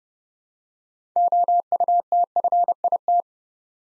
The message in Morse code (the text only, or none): OUTFIT